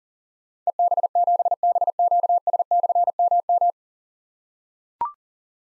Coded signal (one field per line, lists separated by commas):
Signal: Morse code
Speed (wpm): 39 wpm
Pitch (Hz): 700 Hz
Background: none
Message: EB7BQS/MM